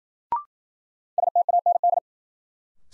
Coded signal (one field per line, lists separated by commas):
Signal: Morse code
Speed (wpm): 53 wpm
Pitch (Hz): 700 Hz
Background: none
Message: STAND